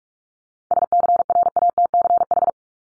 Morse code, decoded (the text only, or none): SCRATCH